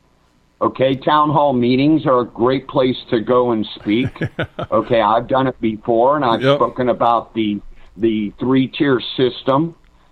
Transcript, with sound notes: okay, town hall meetings are a great place to go and speak.
(laughs)
Okay? I've done it before and-
Yep.
... I've spoken about the, the three-tier system.